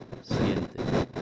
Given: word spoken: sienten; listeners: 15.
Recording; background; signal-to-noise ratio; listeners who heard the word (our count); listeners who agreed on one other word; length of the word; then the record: one Spanish word in noise, from a listening test; noise modulated by one talker; -8.9 dB; 0 of 15; 6 of 15; 0.82 s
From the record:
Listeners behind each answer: 6, 4, 4, 1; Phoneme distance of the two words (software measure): 7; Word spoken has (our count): 2 syllables, 7 phonemes, stress on syllable 1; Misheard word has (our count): 2 syllables, 6 phonemes, stress on syllable 1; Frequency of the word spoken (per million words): 21.57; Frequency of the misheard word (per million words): 60.42